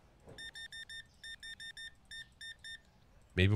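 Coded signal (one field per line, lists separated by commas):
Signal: none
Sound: a game's checkout scanner beeps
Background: speech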